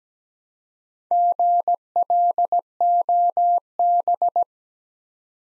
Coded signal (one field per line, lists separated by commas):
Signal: Morse code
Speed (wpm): 17 wpm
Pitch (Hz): 700 Hz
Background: none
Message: GLOB